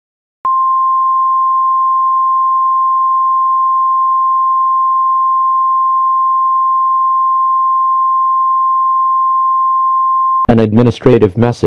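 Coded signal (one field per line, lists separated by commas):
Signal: Emergency Alert System (SAME) tones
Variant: 1050 Hz attention tone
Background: speech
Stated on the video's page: Fictional Emergency Alert System scenario, not a real alert.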